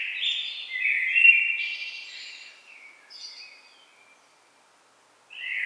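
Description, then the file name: Common blackbird with a loud, liquid warbling phrase trailing into softer twittering, a short silence, then a fresh phrase begins. "Turdus merula"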